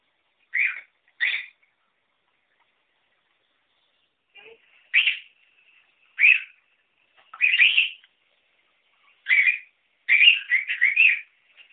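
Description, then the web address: Cockatiel giving short chirpy whistled bursts in separate clusters, with quiet gaps between them and a rapid run of trilled notes near the end. "corella cantando trinos"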